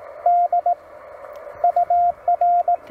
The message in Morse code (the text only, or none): D UR